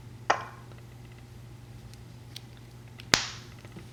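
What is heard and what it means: Plastic body parts are pulled out of the plug joints of a plug-jointed plastic robot figure during disassembly, released with sharp, satisfying snaps at 0.3 s and 3.1 s. The second snap is the loudest and rings briefly, and faint small ticks fall between the two over a steady low hum.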